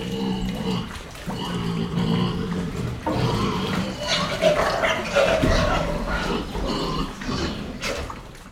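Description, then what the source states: Pig grunting and squealing in low, irregular bursts. Grunts and squeals inside a barn, in wet sloppy mud.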